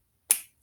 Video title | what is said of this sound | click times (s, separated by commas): Literacy Lesson 04 06 2020 | you hear that click | 0.3 s